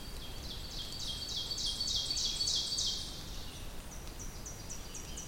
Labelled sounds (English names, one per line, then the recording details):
Ovenbird song
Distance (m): 40 m
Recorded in boreal forest in Alberta, Canada, on 2 June 2016 at 08:37
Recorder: SongMeter 3, array SBT-3-7
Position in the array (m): 172 m, 124 m
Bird 8